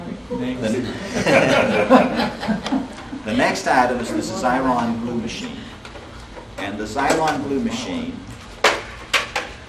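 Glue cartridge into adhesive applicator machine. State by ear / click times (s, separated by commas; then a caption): seated / 8.6 s, 9.1 s. Someone talks while fitting a plastic glue cartridge into a Xyron Model 900 glue machine, an adhesive-applicator machine. Sharp plastic knocks are heard at 8.7 s and 9.1 s as the cartridge snaps into place and is seated.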